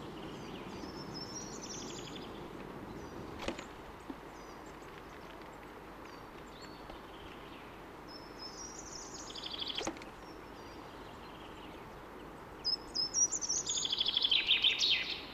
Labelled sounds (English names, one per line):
Short-toed Treecreeper